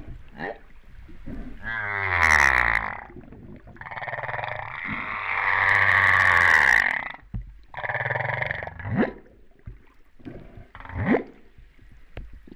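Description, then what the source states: Humpback whale calls in a sequence of harmonic cries and long pulsed, buzzy moans, broken by quick rising sweeps toward the end. Recorded off Réunion on 13 September 2011, about 08:35.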